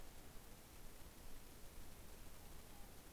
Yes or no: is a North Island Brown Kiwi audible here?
no